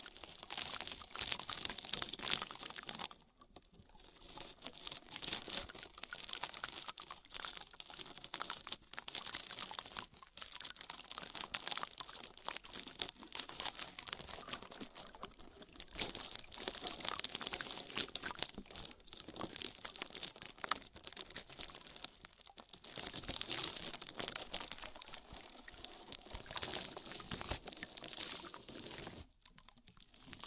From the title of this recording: Body oil massage and bubble bath